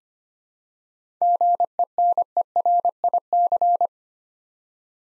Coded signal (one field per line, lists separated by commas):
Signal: Morse code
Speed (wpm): 25 wpm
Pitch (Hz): 700 Hz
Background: none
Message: GENERIC